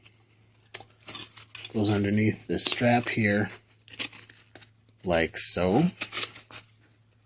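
The plastic flap buckle of a French military canteen pouch is handled and passed under its strap while someone talks, with a sharp handling knock at 0.8 s and a few light taps and rustles. Nothing has seated or clicked yet; the buckle is not yet pressed home into its strap catch.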